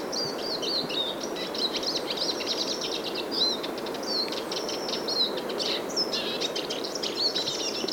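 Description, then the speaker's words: Eurasian siskin singing a fast, unbroken twitter of thin chirps, short buzzy notes and squeaky slurs, with a soft constant hiss underneath. Male singing quietly from a small spruce tree near a lake in a national park in Sweden, in winter; recorded with a parabola. "Not far away from the great tit, I found this wonderful Eurasian siskin, a male bird in song."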